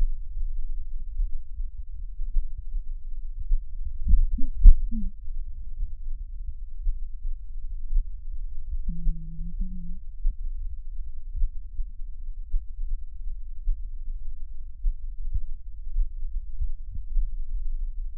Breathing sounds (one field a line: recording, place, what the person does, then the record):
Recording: lung sounds by stethoscope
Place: left anterior apical chest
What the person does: quiet breathing, then cough and speech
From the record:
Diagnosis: asthma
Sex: female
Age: 72 years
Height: 160 cm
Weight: 63.4 kg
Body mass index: 24.8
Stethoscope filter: bell mode